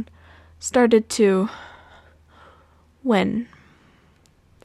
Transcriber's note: breath